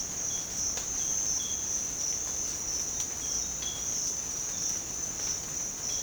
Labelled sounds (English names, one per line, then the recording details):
none
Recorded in dense forest near Puerto Asís, Putumayo, Colombia, on 22 December 2024 at 06:30
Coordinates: 0.466, -76.327
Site G075